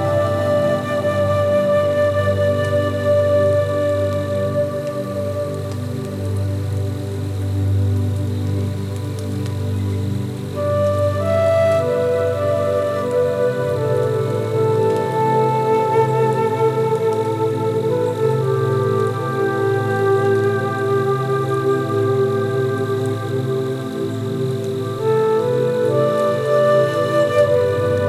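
Slow flute music plays over a steady, full bed of sustained low tones. Long held notes shift pitch every few seconds, with clear changes near 11, 14 and 25 seconds. Loudness stays even throughout, with no rain sounds standing out.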